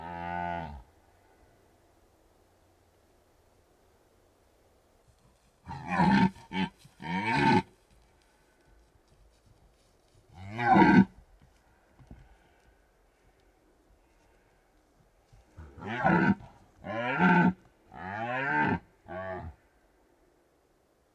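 Red deer stags roar during the rut in the Carpathian Mountains of Bucovina, Romania, in deep, groaning bellows. The calls come in short bursts, around 0, 6–7.5, 11, and 16–19 seconds, often as pairs or triplets of grunting roars with quiet gaps between.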